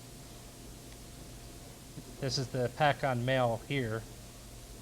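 A metal crimp terminal is handled at the rear of a plastic automotive connector housing, ready to be pushed in until its locking tab catches. Over a low steady background hiss, someone talks from about 2.2 to 4.1 seconds. Nothing has seated or clicked yet.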